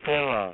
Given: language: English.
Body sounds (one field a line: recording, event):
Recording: throat vibration sensor signal played as sound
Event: speech